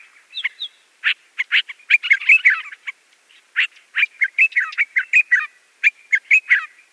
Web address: Schulze Peter Yellow-vented Bulbul song